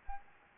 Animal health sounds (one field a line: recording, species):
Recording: mosquito wingbeat signal from an infrared sensor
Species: Anopheles gambiae